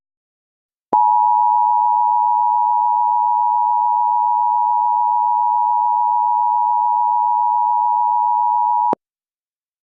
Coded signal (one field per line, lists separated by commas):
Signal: Emergency Alert System (SAME) tones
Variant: 853 and 960 Hz attention tone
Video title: EAS 2 Part Tornado Watch